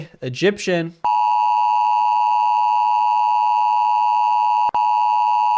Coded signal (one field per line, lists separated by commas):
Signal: Emergency Alert System (SAME) tones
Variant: 853 and 960 Hz attention tone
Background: speech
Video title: Which Country Has The Best Emergency Alert? w/ Hivemind Riley